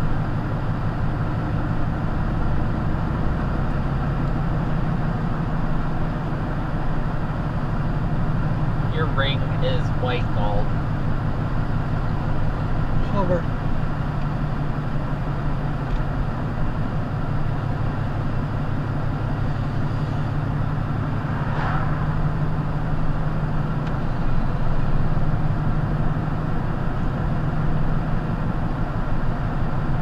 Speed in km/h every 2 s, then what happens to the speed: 52, 52, 55, 53, 52, 52, 52, 50, 50, 50, 52, 53, 53, 53, 53.
0-30 steady at about 52.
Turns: none.